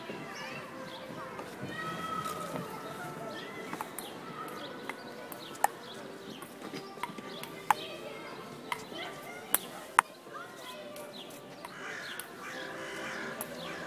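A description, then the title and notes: Ping pong in a park: sharp, bright ball clicks ring out at irregular moments, loudest around the middle, over a steady murmur of voices. Birds call now and then, and a crow caws. Ping pong in the park at Kollwitzplatz.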